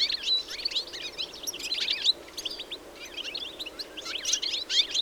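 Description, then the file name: European goldfinch twittering in bursts, groups of quick bright chirps separated by quieter gaps. "Carduelis carduelis"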